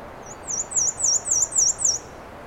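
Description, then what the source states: Black-and-white warbler song: a thin, very high squeaky series of about seven rapid two-part wee-see notes, evenly spaced and fairly steady in loudness after a softer first note. Recorded 13 June 2017 at 9:54 am on a trail in Acadia National Park; Fostex FR2 recorder with Sennheiser ME 66 microphone; high-pass filtered.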